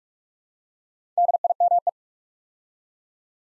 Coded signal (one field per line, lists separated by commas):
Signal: Morse code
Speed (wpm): 44 wpm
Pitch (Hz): 700 Hz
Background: none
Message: DIME